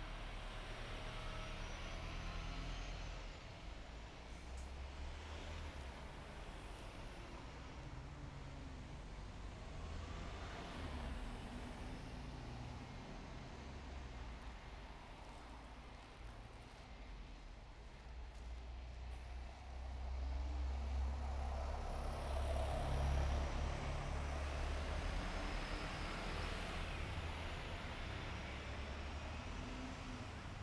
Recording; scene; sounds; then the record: everyday scene through a hearing-aid microphone; in traffic; traffic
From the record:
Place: bus stop on a city main road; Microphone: behind the ear, right, front